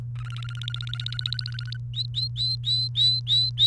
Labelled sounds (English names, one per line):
Domestic Canary song